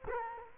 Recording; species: mosquito wingbeat signal from an infrared sensor; Culex quinquefasciatus